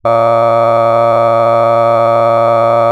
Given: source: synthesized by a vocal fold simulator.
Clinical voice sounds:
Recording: sustained vowel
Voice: male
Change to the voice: cycle-to-cycle stiffness perturbation (roughness), level 6 of 10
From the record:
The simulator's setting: 3.46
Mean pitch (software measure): 115 Hz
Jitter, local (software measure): 1.64%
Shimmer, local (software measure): 6.1%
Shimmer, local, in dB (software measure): 0.53 dB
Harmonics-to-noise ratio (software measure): 15.1 dB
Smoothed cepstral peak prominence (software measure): 19.4 dB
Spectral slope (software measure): -17.0 dB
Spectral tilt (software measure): -11.8 dB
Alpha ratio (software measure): -7.5 dB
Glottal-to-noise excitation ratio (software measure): 0.994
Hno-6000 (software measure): 2.4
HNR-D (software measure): 23.0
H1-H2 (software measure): 5.0 dB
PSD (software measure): 1.2e-04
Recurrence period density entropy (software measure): 0.107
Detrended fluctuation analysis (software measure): 0.0549

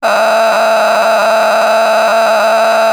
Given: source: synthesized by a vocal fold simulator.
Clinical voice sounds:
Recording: sustained vowel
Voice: female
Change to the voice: a random mix of aspiration noise, stiffness perturbation and strain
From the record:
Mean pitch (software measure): 220 Hz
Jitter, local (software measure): 4.64%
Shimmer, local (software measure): 10.1%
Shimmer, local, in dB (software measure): 0.91 dB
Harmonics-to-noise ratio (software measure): 6.4 dB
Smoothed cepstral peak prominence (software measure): 9.4 dB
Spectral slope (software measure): -15.3 dB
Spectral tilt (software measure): -8.9 dB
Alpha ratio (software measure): -5.9 dB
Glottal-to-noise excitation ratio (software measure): 0.887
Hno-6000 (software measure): 1.6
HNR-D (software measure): 27.0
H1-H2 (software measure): -0.8 dB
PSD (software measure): 1.2e-03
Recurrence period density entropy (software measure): 0.132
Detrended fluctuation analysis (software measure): 0.0113

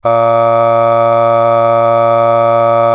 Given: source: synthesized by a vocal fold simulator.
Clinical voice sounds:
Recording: sustained vowel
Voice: male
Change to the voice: aspiration noise (breathiness), level 6 of 10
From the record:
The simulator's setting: 1.07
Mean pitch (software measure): 115 Hz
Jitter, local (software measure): 0.38%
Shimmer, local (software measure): 3.5%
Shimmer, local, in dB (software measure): 0.30 dB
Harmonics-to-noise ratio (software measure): 22.3 dB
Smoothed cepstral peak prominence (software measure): 18.3 dB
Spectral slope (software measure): -17.1 dB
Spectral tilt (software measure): -8.9 dB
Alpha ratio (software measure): -7.6 dB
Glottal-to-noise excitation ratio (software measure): 0.980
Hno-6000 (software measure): 2.2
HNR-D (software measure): 23.2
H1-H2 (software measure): 4.9 dB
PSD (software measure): 2.8e-05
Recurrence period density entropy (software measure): 0.105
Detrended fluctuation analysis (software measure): 0.0542

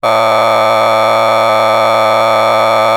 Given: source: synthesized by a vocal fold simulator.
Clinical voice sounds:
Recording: sustained vowel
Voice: male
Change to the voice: a random mix of aspiration noise, stiffness perturbation and strain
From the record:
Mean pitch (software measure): 110 Hz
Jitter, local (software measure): 2.79%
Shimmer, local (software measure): 3.0%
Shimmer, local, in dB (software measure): 0.25 dB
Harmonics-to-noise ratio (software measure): 7.1 dB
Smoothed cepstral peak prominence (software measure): 13.5 dB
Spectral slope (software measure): -12.9 dB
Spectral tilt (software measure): -9.9 dB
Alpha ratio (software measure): -3.4 dB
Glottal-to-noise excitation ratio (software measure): 0.979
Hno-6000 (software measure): 1.8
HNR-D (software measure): 21.4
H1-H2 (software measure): 0.6 dB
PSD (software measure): 2.3e-04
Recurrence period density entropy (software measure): 0.127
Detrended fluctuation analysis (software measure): 0.0320

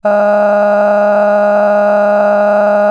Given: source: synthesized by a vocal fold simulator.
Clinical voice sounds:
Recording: sustained vowel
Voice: female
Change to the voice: cycle-to-cycle stiffness perturbation (roughness), level 6 of 10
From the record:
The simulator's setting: 3.88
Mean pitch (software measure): 206 Hz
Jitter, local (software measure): 1.68%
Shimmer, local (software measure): 13.1%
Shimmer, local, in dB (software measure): 1.15 dB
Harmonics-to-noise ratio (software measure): 14.8 dB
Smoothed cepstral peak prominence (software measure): 15.7 dB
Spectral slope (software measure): -21.9 dB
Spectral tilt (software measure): -11.4 dB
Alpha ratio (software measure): -12.4 dB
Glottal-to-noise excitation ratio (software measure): 0.958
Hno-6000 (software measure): 2.4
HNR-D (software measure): 32.1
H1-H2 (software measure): -0.5 dB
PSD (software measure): 7.5e-05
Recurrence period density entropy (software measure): 0.117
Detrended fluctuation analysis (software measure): 0.0282

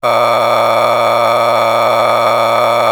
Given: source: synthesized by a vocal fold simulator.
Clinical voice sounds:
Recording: sustained vowel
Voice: male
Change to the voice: a random mix of aspiration noise, stiffness perturbation and strain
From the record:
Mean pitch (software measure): 116 Hz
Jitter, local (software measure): 3.50%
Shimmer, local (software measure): 11.7%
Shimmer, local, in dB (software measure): 1.04 dB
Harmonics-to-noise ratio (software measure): 5.4 dB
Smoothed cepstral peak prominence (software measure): 12.3 dB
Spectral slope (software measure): -12.5 dB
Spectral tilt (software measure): -9.9 dB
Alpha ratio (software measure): -3.0 dB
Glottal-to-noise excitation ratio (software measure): 0.912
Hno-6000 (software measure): 1.8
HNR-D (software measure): 18.6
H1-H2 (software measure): 1.7 dB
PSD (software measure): 3.6e-04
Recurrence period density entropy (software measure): 0.134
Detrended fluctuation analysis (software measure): 0.0318

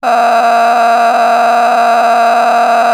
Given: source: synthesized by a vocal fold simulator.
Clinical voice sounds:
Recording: sustained vowel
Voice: female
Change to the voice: a random mix of aspiration noise, stiffness perturbation and strain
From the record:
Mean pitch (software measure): 234 Hz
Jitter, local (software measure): 3.15%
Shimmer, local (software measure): 13.6%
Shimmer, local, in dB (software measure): 1.21 dB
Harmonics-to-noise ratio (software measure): 9.4 dB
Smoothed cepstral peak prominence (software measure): 11.2 dB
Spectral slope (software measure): -17.6 dB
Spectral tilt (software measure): -9.6 dB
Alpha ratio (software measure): -8.1 dB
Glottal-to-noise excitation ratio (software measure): 0.929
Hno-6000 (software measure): 1.8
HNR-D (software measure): 30.3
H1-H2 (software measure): -3.2 dB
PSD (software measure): 1.5e-04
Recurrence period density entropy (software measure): 0.124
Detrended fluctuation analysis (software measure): 0.0121

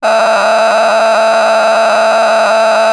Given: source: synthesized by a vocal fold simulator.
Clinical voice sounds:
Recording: sustained vowel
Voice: female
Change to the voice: a random mix of aspiration noise, stiffness perturbation and strain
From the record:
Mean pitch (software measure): 221 Hz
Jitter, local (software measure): 4.29%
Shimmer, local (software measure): 8.1%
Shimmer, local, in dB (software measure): 0.78 dB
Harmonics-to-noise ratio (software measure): 7.2 dB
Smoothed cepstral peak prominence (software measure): 10.2 dB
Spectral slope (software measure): -15.7 dB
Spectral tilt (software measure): -8.8 dB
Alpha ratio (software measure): -6.3 dB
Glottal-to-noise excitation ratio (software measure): 0.915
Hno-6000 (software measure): 1.7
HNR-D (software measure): 25.9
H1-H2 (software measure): -3.1 dB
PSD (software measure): 1.3e-03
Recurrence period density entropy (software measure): 0.130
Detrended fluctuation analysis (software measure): 0.0111

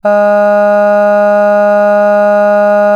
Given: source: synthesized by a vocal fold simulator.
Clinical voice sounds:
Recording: sustained vowel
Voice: female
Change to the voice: none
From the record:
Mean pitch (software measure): 206 Hz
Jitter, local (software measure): 0.17%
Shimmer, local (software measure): 1.4%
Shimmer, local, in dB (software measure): 0.12 dB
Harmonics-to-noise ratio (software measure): 31.7 dB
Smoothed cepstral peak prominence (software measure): 18.9 dB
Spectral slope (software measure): -21.9 dB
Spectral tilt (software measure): -8.6 dB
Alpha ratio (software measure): -12.4 dB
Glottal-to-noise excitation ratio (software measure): 0.977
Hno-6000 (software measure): 2.4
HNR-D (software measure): 39.1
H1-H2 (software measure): 9.5 dB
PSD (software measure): 1.4e-05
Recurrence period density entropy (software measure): 0.137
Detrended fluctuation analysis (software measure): 0.0274

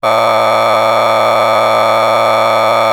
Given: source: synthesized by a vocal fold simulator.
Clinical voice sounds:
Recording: sustained vowel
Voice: male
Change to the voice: a random mix of aspiration noise, stiffness perturbation and strain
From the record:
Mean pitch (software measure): 111 Hz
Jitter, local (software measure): 3.61%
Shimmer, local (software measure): 7.7%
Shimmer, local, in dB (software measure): 0.62 dB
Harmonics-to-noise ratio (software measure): 4.8 dB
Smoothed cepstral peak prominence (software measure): 11.8 dB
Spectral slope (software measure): -12.5 dB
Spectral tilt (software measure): -10.1 dB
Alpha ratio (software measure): -3.0 dB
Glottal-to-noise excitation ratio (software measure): 0.965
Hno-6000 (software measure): 1.8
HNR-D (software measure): 18.6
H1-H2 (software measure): 0.9 dB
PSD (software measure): 2.8e-04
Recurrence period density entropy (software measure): 0.131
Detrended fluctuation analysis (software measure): 0.0311

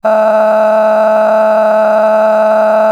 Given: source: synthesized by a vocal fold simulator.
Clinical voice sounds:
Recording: sustained vowel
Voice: female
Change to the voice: a random mix of aspiration noise, stiffness perturbation and strain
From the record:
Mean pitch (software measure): 216 Hz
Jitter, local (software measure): 1.93%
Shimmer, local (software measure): 10.4%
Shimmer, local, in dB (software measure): 0.92 dB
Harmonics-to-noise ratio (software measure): 14.3 dB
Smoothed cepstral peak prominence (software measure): 13.4 dB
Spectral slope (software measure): -22.4 dB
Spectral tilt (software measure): -10.9 dB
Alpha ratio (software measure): -12.9 dB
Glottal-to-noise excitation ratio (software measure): 0.934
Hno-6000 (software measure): 2.2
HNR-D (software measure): 32.3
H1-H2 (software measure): 1.6 dB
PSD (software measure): 8.3e-05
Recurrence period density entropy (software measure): 0.111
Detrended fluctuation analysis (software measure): 0.0168

